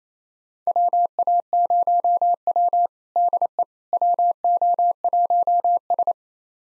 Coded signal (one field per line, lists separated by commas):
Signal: Morse code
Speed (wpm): 27 wpm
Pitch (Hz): 700 Hz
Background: none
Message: WA0W DE WO1S